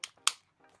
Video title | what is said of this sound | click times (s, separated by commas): 🛒 Review of Top Picks Bluetooth Headset and Speakerphones Don't Buy Until You Hear This | Hear that snap? You know you're good to go. | 0.0 s, 0.3 s